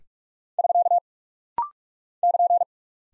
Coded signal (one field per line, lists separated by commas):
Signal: Morse code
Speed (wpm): 46 wpm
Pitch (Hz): 700 Hz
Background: none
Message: <SK> <KN>